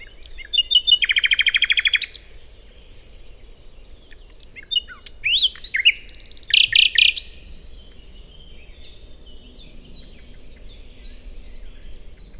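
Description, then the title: Common nightingale song: a loud buzzy rattling trill, a pause, then varied whistled and churring phrases, followed by a soft series of repeated high notes. First nightingale songs of the year: a solo daytime singer on a wide drivable track in planted Forêt de Chautagne near roads, Serrières-en-Chautagne, France; Dodotronic stereo parabola. "Forêt de Chautagne - Serrières-en-Chautagne, France - Premiers rossignols de l'an"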